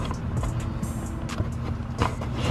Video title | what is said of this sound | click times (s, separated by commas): Pedal Commander - Install & Review | we hear it click okay | 2.0 s